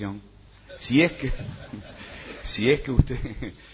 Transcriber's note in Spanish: Risas